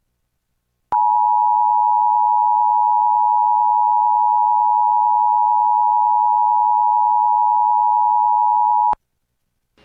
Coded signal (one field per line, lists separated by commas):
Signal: Emergency Alert System (SAME) tones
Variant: 853 and 960 Hz attention tone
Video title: EAS #882-883: NWR and EAS Required Monthly Tests- Oct. 19, 2023- 10:19AM PDT